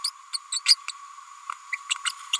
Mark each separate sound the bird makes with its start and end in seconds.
0.04-0.10, 0.33-0.39, 0.52-0.61, 0.65-0.76, 0.88-0.92, 1.72-1.76, 2.05-2.12